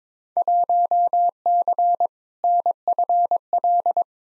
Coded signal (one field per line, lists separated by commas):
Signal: Morse code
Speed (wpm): 22 wpm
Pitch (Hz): 700 Hz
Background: none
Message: 1C NFL